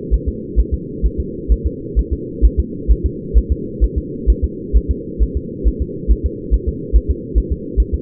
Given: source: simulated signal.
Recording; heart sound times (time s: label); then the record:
fetal heart sounds
0.14 s: S1
0.28 s: S2
0.59 s: S1
0.74 s: S2
1.06 s: S1
1.20 s: S2
1.52 s: S1
1.67 s: S2
1.99 s: S1
2.13 s: S2
2.45 s: S1
2.60 s: S2
2.92 s: S1
3.06 s: S2
3.38 s: S1
3.52 s: S2
3.84 s: S1
3.98 s: S2
4.30 s: S1
4.44 s: S2
4.77 s: S1
4.91 s: S2
5.22 s: S1
5.37 s: S2
5.68 s: S1
5.82 s: S2
6.12 s: S1
6.26 s: S2
6.54 s: S1
6.69 s: S2
6.96 s: S1
7.11 s: S2
7.38 s: S1
7.52 s: S2
7.80 s: S1
7.94 s: S2
From the record:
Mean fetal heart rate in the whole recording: 135 bpm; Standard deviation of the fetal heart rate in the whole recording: 3 bpm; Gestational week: 34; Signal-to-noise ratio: -4.1 dB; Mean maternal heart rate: no maternal heart sound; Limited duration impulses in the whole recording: absent